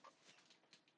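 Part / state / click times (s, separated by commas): cabinet door latch into cabinet frame / not seated / none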